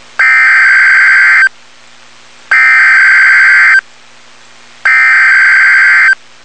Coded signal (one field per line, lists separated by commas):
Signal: Emergency Alert System (SAME) tones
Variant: header bursts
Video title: Tornado Warning (EAS #353)